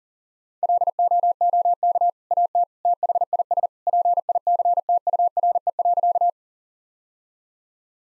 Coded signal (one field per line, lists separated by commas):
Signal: Morse code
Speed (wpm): 40 wpm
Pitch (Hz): 700 Hz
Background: none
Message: LOOK AT THIS PICTURE.